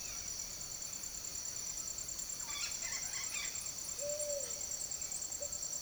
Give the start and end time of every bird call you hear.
[0.16, 5.81] bird call

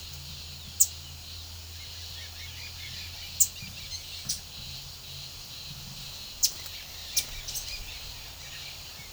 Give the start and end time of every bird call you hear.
[0.80, 0.94] bird call
[1.91, 4.44] bird call
[6.32, 6.64] bird call
[7.07, 9.13] bird call

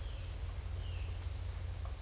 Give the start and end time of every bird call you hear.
[0.21, 0.55] bird call
[1.36, 1.61] bird call

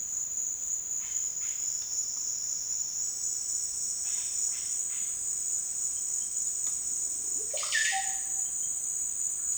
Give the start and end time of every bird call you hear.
[7.22, 8.49] bird call

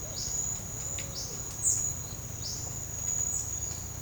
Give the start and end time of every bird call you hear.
[0.10, 0.64] bird call
[0.96, 1.88] bird call
[2.36, 2.59] bird call
[3.22, 3.46] bird call

